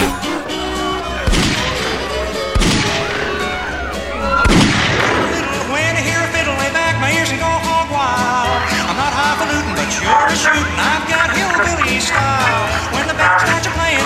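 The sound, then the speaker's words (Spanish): In a radio drama of Richard Matheson's Legión de Conspiradores, three loud, sharp gunshots crack out in the first few seconds as police shoot down a man who stabbed six people on a crowded bus, followed by a dense, chaotic wash of sustained tones and voices at a steady, busy level. “La policía lo abate a tiros.”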